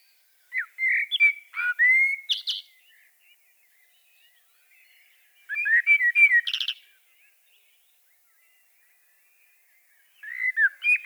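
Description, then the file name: Common blackbird with three song phrases spaced by quiet gaps, runs of liquid whistles, the first two ending in a strained high twittering tail. "Turdus merula"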